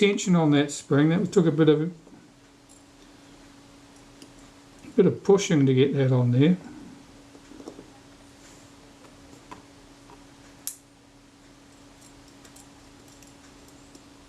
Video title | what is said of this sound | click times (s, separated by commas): Struggles with a Vito B, part 03 | not suited as well as i'd like you let's press it down a bit more | 10.7 s